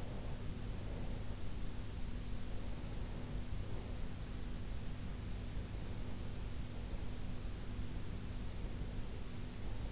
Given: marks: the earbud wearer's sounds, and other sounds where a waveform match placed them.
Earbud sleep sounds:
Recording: sounds in sleep by an in-ear microphone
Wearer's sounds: breath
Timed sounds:
0.00-1.99 s: breath

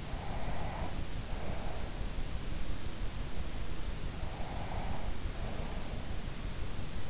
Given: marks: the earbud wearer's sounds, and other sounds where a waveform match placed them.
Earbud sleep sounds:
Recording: sounds in sleep by an in-ear microphone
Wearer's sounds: breath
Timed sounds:
0.00-2.10 s: breath
4.16-6.35 s: breath

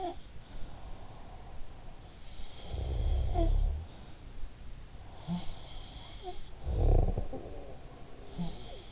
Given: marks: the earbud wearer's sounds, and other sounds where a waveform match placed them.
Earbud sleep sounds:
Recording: sounds in sleep by an in-ear microphone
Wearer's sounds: breath, snoring breath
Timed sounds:
0.00-0.25 s: sound from someone else or the room
0.24-2.27 s: breath
1.59-3.81 s: sound from someone else or the room
4.58-8.92 s: sound from someone else or the room
6.60-8.92 s: snoring breath

